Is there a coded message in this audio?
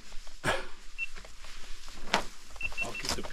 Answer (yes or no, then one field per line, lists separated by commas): no